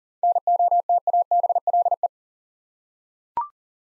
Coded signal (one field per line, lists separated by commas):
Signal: Morse code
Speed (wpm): 41 wpm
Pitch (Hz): 700 Hz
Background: none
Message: NOTABLE